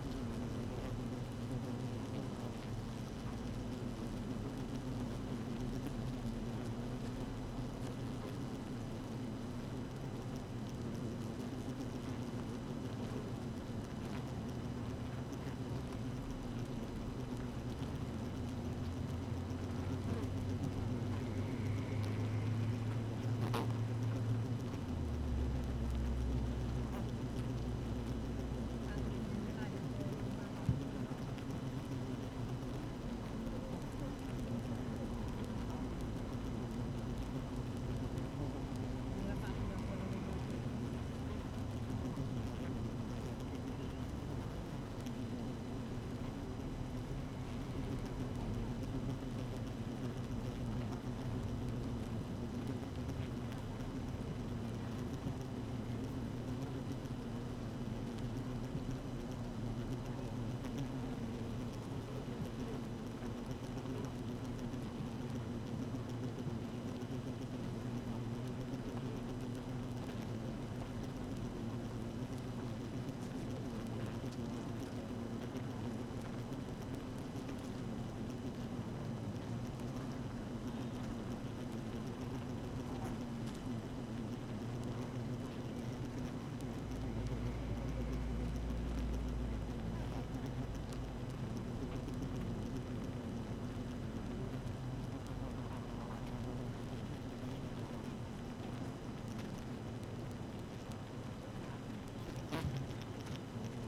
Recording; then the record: honeybee colony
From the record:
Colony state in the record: active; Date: 12 June 2018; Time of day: 7:43